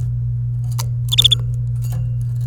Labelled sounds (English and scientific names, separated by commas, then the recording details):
Domestic Canary (Serinus canaria) song
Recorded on 28 April 2018 at 07:25
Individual llb3